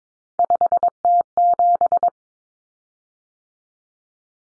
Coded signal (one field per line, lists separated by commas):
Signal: Morse code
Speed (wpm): 22 wpm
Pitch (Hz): 700 Hz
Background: none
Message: 5T7